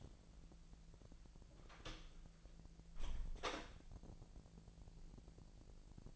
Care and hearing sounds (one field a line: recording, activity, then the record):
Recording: daily activity, microphone in the room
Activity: close door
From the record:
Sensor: 5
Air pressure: 1001.4 hPa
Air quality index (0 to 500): 248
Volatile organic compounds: 35 ppm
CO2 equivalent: 3058 ppm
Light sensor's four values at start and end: 37/86/35/33 and 37/87/35/33